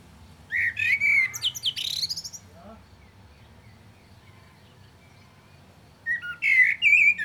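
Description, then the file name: Common blackbird song, a rich whistled phrase breaking into a rapid high twittering ending, silence, then a second warbling phrase with squeaky high notes. "Turdus merula"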